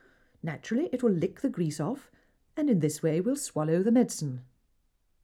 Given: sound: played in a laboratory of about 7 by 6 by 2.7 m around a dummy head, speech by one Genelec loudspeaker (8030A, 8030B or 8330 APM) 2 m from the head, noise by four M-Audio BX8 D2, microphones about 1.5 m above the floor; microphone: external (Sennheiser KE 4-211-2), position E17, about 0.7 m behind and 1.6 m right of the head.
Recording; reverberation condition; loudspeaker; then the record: female speech in English; low; 120 degrees to the right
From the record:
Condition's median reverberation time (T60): about 310 ms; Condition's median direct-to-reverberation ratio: about 3.5 dB